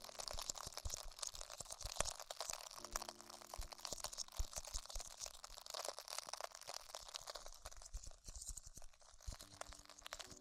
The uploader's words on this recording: ASMR Extremely Tingly Ear Exploration (No Talking).